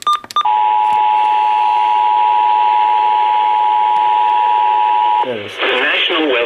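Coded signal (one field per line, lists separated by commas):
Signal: Emergency Alert System (SAME) tones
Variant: 853 and 960 Hz attention tone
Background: speech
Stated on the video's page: Severe thunderstorm and special marine warnings on a marginal-risk day, including failed marine warning toning.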